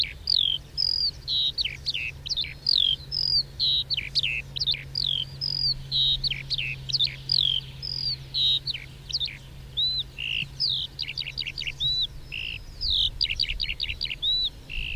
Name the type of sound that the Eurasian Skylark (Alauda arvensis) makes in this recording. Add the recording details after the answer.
flight song. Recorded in the wild. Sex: male. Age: adult. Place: Röttenbach, Bayern, DE. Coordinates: 49.665, 10.9544. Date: 1964-06-27. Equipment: Original, Vollspur. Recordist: Tretzel, Erwin